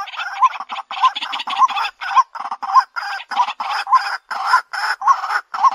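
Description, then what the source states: White-breasted waterhen call: strident, hoarse, nasal notes repeated rhythmically about twice a second, each with a brief rising kink. Calling in the daytime.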